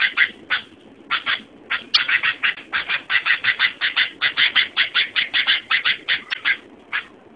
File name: suara burung kutilang